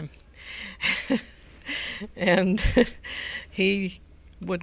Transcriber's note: she laughs